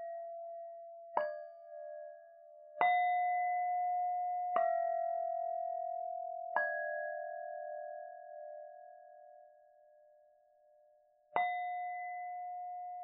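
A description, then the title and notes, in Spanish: Tibetan singing bowls are struck five times, at roughly 1, 3, 4.5, 6.5 and 11 seconds, each strike a sharp attack followed by a long, slowly fading ring. The low, wavering hum overlaps from strike to strike, with brighter overtones above it that die away sooner. En esta meditación te invito a llevar tu atención al sonido de los cuencos tibetanos.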